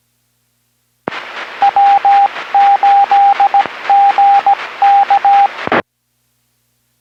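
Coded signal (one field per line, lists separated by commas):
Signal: Morse code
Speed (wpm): 17 wpm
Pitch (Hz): 800 Hz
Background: radio noise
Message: W8GK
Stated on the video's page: Amateur radio club 2m net on a 145.35 MHz repeater, recorded from a Uniden BC370CRS scanner.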